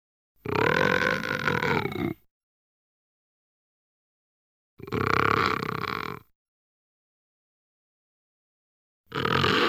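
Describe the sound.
Tiger growls: three harsh, rasping growls broken by complete silence, the first two each roughly one and a half to two seconds long, the last cut off.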